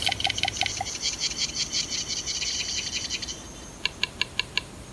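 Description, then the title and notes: Western capercaillie display clicks, a short run of dry knocking pulses, then layered overlapping copies of the clicks forming a dense rattling texture, ending with five sharp spaced clicks. Male capercaillie in a Swedish forest; accelerating clicking sounds, looped as five repeating copies layered into music. "Capercaillie Cock. Andreas"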